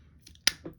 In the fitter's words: with those three holes there and you just heard it snap into place